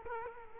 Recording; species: mosquito wingbeat signal from an infrared sensor; Culex quinquefasciatus